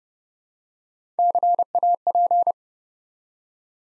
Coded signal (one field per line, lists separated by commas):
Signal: Morse code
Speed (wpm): 30 wpm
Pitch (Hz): 700 Hz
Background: none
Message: CAP